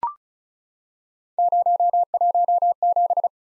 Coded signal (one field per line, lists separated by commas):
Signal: Morse code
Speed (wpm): 36 wpm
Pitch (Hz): 700 Hz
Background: none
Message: 017